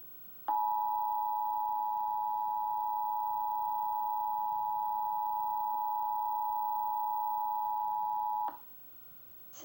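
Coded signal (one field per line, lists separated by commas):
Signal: Emergency Alert System (SAME) tones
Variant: 853 and 960 Hz attention tone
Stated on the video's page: New Jersey monthly EAS test from a ClearQAM cable box, recorded on VHS; first test from IPAWS CAP, second from an FM station.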